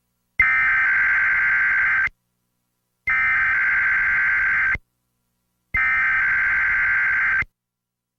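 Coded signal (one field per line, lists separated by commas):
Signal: Emergency Alert System (SAME) tones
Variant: header bursts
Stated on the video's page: Tornado warning alert made with an EAS generator.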